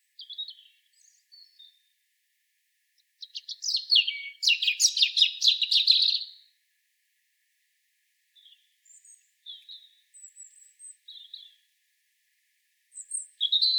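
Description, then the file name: European robin song with a rich rushing trill-laden phrase in the middle, surrounded by quieter thin high notes and short whistled fragments. "Erithacus rubecula"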